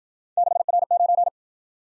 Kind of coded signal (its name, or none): Morse code